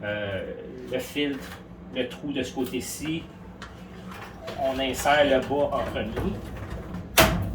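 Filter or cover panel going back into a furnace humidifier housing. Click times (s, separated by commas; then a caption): 7.2 s. After the filter pad is changed, a filter or cover panel is pushed back into a furnace humidifier housing while someone talks. One sharp click at 7.2 s marks it seating in place.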